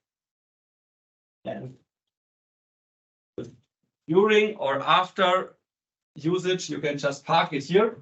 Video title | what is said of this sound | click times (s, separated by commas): Presentation of the NEW roll stand elo-cart (english) | we place it here on the side you will now hear again this click and | 3.4 s